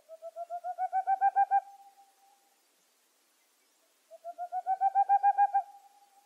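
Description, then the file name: Boreal owl: two bursts of swelling hollow hoots, roughly a dozen notes each, separated by a pause. "Rauhfusskauz"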